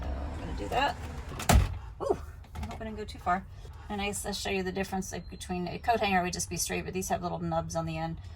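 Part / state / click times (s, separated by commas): radio removal key into car head unit release slot / seated / 1.4 s, 1.5 s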